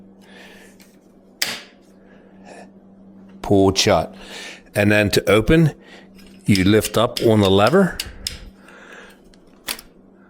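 The folding handlebar stem on a Mooncool TK Pro 1500-watt electric trike is lifted up into place and its clamp lever is pulled shut, giving a loud metallic clack at 1.4 s as the stem locks. Someone talks afterward, with a few fainter clicks near the end.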